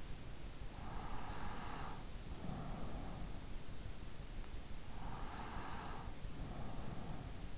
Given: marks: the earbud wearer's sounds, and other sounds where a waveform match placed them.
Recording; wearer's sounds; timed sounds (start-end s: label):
sounds in sleep by an in-ear microphone; breath
0.76-3.45 s: breath
4.90-7.58 s: breath